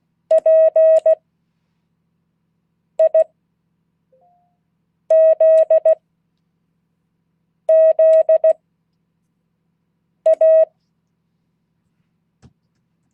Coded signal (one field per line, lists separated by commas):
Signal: Morse code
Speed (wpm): 16 wpm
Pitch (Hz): 640 Hz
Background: none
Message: PIZZA